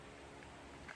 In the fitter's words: it locks in. So there, you heard that little snap, that's locked in.